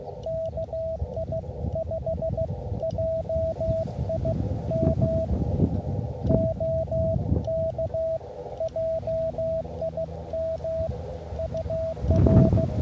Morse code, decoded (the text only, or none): KI5JIM OK JIM UR